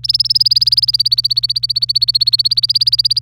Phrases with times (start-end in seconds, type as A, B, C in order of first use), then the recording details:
0.04-3.22 A. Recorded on 26 April 2018 at 06:41. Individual llb3